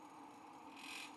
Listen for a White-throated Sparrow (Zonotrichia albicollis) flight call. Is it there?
no